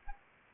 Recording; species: mosquito wingbeat signal from an infrared sensor; Anopheles arabiensis